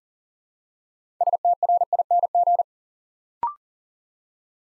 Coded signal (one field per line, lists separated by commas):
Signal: Morse code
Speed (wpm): 40 wpm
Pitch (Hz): 700 Hz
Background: none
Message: STRING